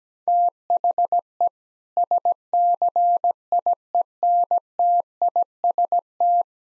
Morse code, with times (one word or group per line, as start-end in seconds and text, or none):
0.3-1.5 THE
2.0-6.4 SCIENTIST